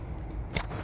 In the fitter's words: there we go you probably heard that click there after that make sure you put this wire like